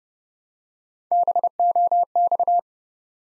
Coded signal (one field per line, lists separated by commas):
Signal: Morse code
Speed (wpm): 30 wpm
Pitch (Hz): 700 Hz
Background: none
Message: BOX